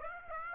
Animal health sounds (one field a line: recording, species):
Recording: mosquito wingbeat signal from an infrared sensor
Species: Aedes aegypti